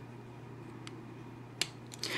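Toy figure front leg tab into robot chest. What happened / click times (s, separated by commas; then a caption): The plastic tab snapped into place / 1.6 s. The plastic front-leg section of a Transformers Age of Extinction Slug (Slag) Dinobot transforming dinosaur figure is worked and pushed into the robot chest, and its tab snaps into place with a sharp, bright click at 1.6 s, confirming it is seated. The click is slight and mostly felt rather than heard. Fainter ticks from handling the plastic come at about 0.9, 1.9 and 2.0 s over a steady low hum.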